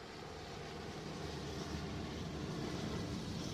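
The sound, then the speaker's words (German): A dense, continuous roar of many Russian military helicopters moving parallel to the border near Altengronau, between West and East Germany, a broad rumbling wash of engine and rotor noise that swells slightly louder over a few seconds, with no voices. “Soweit das Auge reicht, sieht man russische Hubschrauber. Dicht wie schwarze Heuschreckenschwärme kommen sie auf uns zu.”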